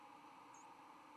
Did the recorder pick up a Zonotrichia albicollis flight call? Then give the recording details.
no. Another species' flight call is heard. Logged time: 08:11 on 10 November 2014